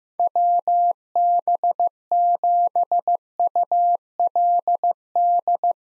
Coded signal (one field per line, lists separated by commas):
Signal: Morse code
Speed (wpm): 16 wpm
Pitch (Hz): 700 Hz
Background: none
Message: WB7ULD